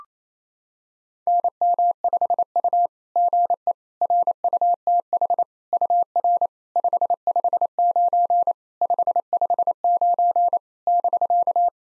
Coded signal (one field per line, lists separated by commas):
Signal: Morse code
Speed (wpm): 28 wpm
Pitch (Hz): 700 Hz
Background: none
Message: NM5U GE RUTH UR 559 559 <BK>